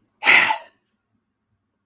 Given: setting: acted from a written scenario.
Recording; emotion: vocal sound without words; elation